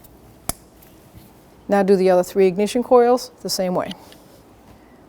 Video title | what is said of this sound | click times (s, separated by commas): How to Replace Ignition Coil Boots 2014-2019 Toyota Corolla 1.8L | So, slide it over, line it up until it clicks. | 0.5 s